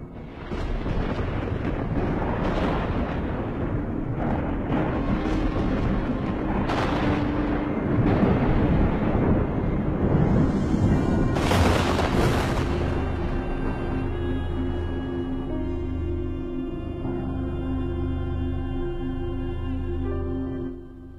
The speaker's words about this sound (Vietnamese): Một khắc đồng hồ qua đi, khi sấm chớp đã dừng, mây đen đã tan, Cảnh Toàn chậm chậm bước về phía ngôi nhà bị sét đánh tan hoang.